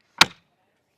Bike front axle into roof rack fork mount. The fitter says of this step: Boom. Just like that. This green tag is up showing that it's locked into place.